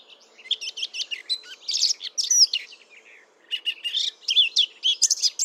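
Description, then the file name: Eurasian blackcap song: two phrases of fast scratchy warbling mixed with clear whistles, divided by a brief pause. "Sylvia atricapilla"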